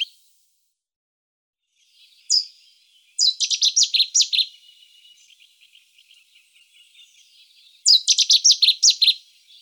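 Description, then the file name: Cetti's warbler song, a sudden loud outburst of fast, ringing repeated notes lasting about a second, given twice after a single opening note, with faint bird chatter behind. "bouscarle de cetti"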